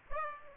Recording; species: mosquito wingbeat signal from an infrared sensor; Aedes aegypti